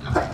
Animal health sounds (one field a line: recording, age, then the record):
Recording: pig call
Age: growing-finishing pig (85 days or more)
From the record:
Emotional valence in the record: positive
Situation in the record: run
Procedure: transit